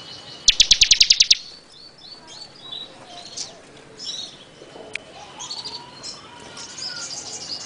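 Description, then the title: Bar-winged prinia song: one brief rapid burst of sharp ticking notes, then softer high chirps and twitters over faint background noise. "Suara Burung Ciblek"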